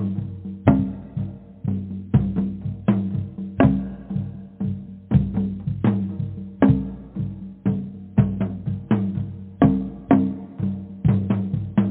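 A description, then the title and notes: Drumming in a steady, busy rhythm, with hard strikes landing roughly every half second and quicker fills between them. Deep booming hits dominate, with ringing tones that decay quickly, and the pattern continues without a break for the whole clip. Drumming: Powerful. Drumming vibrations.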